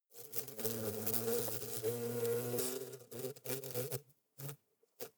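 Hornet humming: a steady low buzz with layered tones for about three seconds, then broken into short bursts and brief silences.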